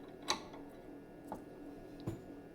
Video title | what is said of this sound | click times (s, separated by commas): Time for paint!!! | There we go. Heard it right? | 0.3 s